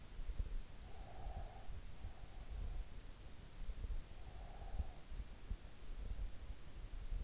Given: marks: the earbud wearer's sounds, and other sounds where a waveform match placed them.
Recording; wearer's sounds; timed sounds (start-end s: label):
sounds in sleep by an in-ear microphone; breath
0.31-1.81 s: breath